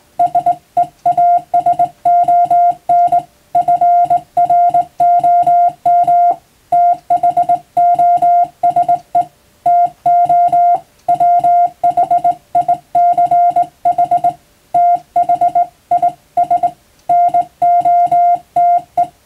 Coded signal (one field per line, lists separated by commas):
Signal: Morse code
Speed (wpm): 21 wpm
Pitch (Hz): 700 Hz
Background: music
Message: SEASON FROM THOSE TO WHICH THIS NOTE